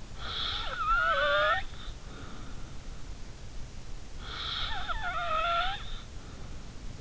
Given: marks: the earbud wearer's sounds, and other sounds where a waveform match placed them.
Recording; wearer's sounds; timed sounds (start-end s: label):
sounds in sleep by an in-ear microphone; snoring breath
0.21-2.63 s: snoring breath
4.19-6.21 s: snoring breath